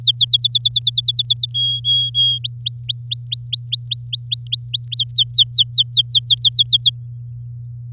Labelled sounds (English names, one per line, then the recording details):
Domestic Canary song
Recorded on 9 May 2018 at 05:41
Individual llb16